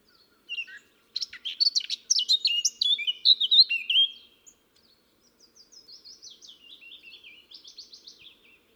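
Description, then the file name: Eurasian blackcap pouring out a quick, jumbled warble of chirps and whistled notes for about three seconds, then a quieter run of repeated twittering notes. "Sylvia atricapilla"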